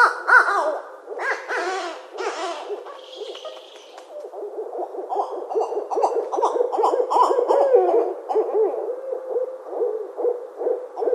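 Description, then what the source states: Barred owl calls: a loud, sustained run of wavering, cackling hoots and harsh yelps, several notes overlapping and tumbling over each other throughout. Recorded 29 January 2012.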